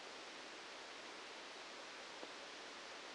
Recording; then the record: brain microelectrode recording played as sound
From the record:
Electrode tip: outside the subthalamic nucleus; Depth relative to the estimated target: -10 mm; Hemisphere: left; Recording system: NeuroSet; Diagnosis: Parkinson's disease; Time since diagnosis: 13 years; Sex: male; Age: 65 years